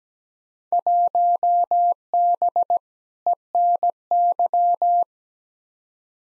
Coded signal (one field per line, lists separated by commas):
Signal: Morse code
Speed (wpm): 17 wpm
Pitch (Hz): 700 Hz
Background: none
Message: 1B ENY